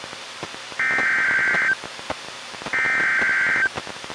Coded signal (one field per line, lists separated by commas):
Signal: Emergency Alert System (SAME) tones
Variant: header bursts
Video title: EAS #795-805: NWR and EAS 8 Severe Thunderstorm Warnings and 1 Flash Flood Warning- May 21, 2023